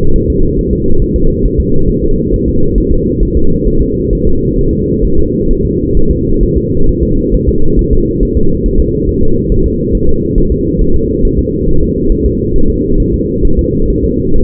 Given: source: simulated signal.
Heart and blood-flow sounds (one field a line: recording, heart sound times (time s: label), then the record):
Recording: fetal heart sounds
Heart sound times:
0.16 s: S1
0.30 s: S2
0.59 s: S1
0.73 s: S2
1.02 s: S1
1.16 s: S2
1.45 s: S1
1.60 s: S2
1.89 s: S1
2.04 s: S2
2.34 s: S1
2.48 s: S2
2.78 s: S1
2.92 s: S2
3.23 s: S1
3.37 s: S2
3.68 s: S1
3.82 s: S2
4.13 s: S1
4.27 s: S2
4.59 s: S1
4.73 s: S2
5.05 s: S1
5.19 s: S2
5.51 s: S1
5.65 s: S2
5.97 s: S1
6.11 s: S2
6.43 s: S1
6.57 s: S2
6.89 s: S1
7.03 s: S2
7.34 s: S1
7.48 s: S2
7.79 s: S1
7.93 s: S2
8.23 s: S1
8.37 s: S2
8.66 s: S1
8.80 s: S2
9.09 s: S1
9.23 s: S2
9.52 s: S1
9.66 s: S2
9.95 s: S1
10.09 s: S2
10.38 s: S1
10.52 s: S2
10.81 s: S1
10.96 s: S2
11.25 s: S1
11.39 s: S2
11.69 s: S1
11.83 s: S2
12.12 s: S1
12.26 s: S2
12.56 s: S1
12.70 s: S2
13.00 s: S1
13.14 s: S2
13.45 s: S1
13.59 s: S2
13.90 s: S1
14.04 s: S2
14.36 s: S1
From the record:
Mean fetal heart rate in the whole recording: 135 bpm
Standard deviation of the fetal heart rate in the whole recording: 3 bpm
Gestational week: 36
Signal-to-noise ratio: -19.1 dB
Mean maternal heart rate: 72 bpm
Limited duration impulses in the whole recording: present